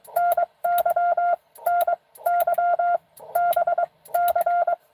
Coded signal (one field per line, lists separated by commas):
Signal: Morse code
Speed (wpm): 23 wpm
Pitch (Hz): 690 Hz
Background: none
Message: NY NY BC